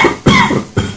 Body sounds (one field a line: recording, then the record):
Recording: coughing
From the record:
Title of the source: Mid-morning Winter Coughing Fit